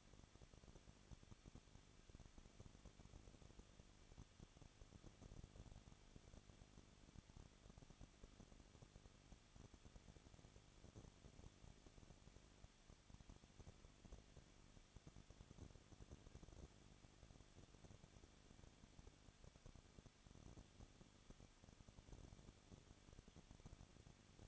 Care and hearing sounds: daily activity, microphone in the room; no activity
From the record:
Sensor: 4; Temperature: 23.1 degrees Celsius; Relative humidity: 34.5%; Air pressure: 1007.2 hPa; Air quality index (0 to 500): 215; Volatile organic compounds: 15 ppm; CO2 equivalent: 2489 ppm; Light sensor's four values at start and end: 2/3/1/1 and 2/3/1/1

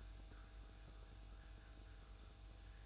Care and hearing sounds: daily activity, microphone in the room; make coffee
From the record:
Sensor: 2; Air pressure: 994.8 hPa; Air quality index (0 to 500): 54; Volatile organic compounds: 1 ppm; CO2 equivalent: 880 ppm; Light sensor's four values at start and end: 14/49/19/18 and 14/49/19/18

